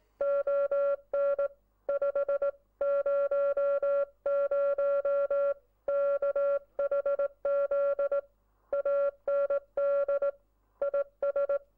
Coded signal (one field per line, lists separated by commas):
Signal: Morse code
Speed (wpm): 19 wpm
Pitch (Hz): 560 Hz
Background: music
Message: ON 500 KHZ AND IS